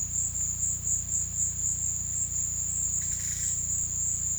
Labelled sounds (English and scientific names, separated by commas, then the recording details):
none
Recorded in pastures near Puerto Asís, Putumayo, Colombia, on 18 December 2024 at 15:00
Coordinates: 0.472, -76.331
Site GP02